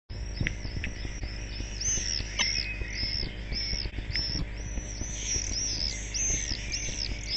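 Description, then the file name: Common swifts giving piercing high screams, a near-continuous chain of arched notes throughout, with a constant low-pitched hum beneath. "gierzwaluw"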